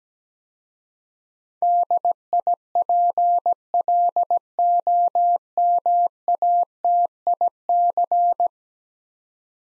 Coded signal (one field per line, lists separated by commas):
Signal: Morse code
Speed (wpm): 17 wpm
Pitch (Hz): 700 Hz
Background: none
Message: DIPLOMATIC